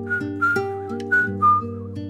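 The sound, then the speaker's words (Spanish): A soft whistled tune coming from the Alameda in Seville drifts in gentle, wavering phrases, sliding between notes, over a steady low droning accompaniment. No one speaks. “Se escucha un leve silbido”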